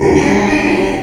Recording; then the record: squeal of a Yucatan mini pig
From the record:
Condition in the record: after surgery on the right vocal fold (resection and tissue-engineered implant); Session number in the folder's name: 2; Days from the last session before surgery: 13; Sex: male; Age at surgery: 12 weeks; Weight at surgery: 13 kg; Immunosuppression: cyclosporine, prednisolone